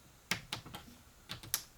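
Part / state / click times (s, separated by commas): plastic cord holder clip into underside of desk frame / seated / 0.3 s, 1.5 s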